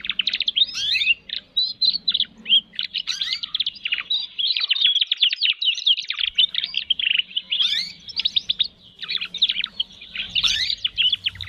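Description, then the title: Atlantic canary song: a fast, continuous stream of high trills, rattles and chirps, broken by sweeping whistled notes, with a faint low hum underneath. Canary singing vigorously (gacor), with its best song phrasing (cengkok) and a rich fill (isian). "Kenari Gacor Cengkok Terbaik Isian Paling Mewah"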